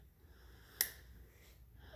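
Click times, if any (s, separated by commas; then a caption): 0.8 s. A blue plug assembly from box B is pushed into its socket on a Weber SmokeFire pellet grill, and a knot on the plug clicks into the end of the socket. A single sharp, bright click sounds at 0.8 s over a low, steady background. The plug is seated all the way in.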